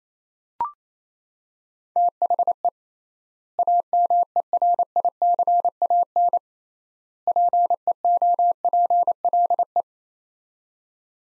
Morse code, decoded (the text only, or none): THE AMERICAN PEOPLE